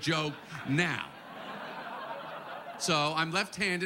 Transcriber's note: laughter